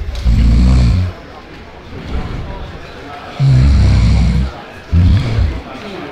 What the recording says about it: You're lying in bed, you're tired, it's late, you've almost nodded off to sleep, and then this happens. You sleep next to a snorer.